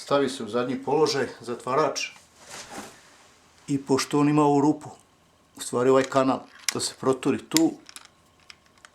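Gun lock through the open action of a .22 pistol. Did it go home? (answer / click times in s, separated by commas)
yes / 8.9 s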